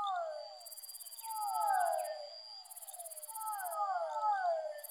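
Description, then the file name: Fischer's dwarf frog whines: downward-sliding notes in groups every couple of seconds, interleaved with bursts of a rapid pulsed high buzz and a faint steady tone. Soundscape composition built from amphibian vocalizations of the species. "soundscape with amphibian vocalizations of physalaemus fischeri"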